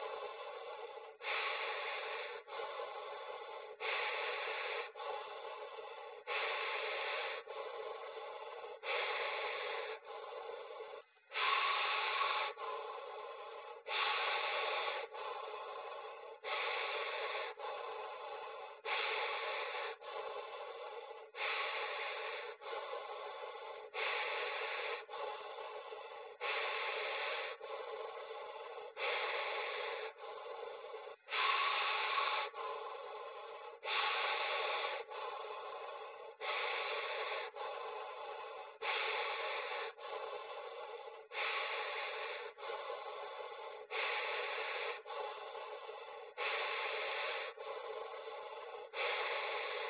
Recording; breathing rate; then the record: paced breathing near a phone; 24 breaths a minute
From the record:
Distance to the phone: 40 cm